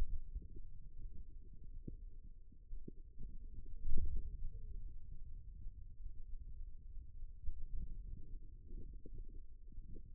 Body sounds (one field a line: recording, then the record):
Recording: forearm muscle sounds (acoustic myography)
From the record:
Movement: ulnar deviation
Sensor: system 2, bracelet of six BSWA MPA416 microphones around the upper forearm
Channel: 4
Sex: male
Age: 22 years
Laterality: right